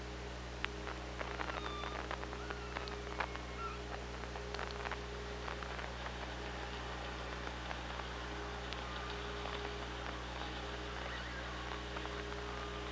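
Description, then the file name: Orca underwater clicks in rapid irregular bursts, with faint thin whistled tones, over steady low electrical hum and hiss. OrcaLab hydrophone, 24 August 2017, 16:17. "Orca Lab UTLN JASON 20170824 161757"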